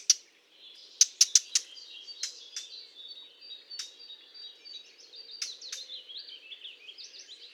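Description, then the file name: Eurasian blackcap calls: a few hard clicks, then soft, scratchy warbling notes that wander up and down at a high pitch. "Sylvia atricapilla"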